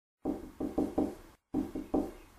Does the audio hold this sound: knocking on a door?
yes